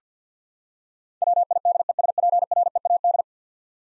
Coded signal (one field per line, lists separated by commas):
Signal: Morse code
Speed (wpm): 50 wpm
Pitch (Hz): 700 Hz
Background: none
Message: WIDESPREAD